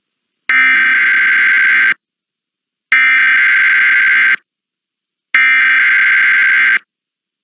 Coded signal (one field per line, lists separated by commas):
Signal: Emergency Alert System (SAME) tones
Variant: header bursts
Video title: Emergency Alert System Required Monthly Test Northeast Virginia WFLS-FM +WeatherSTAR4000 Emulator